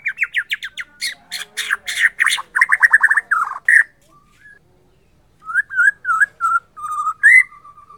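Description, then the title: White-rumped shama song: rapid series of rich whistled notes with harsh buzzy elements, a pause, then slurred whistles ending in a steady held note. Borneo. "MURAI BORNEO MAS KIKI"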